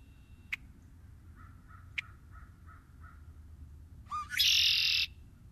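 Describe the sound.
Red-winged blackbird: sharp chek notes and soft low chatter, then a rising note leading into a loud harsh buzzy trill.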